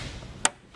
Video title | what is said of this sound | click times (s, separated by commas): Headlamp Assembly Replacement on a Range Rover Full Size - Atlantic British Presents | you'll hear those little tabs click in place so you know it's in and secure. | 0.5 s